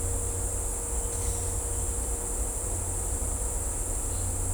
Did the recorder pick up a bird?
no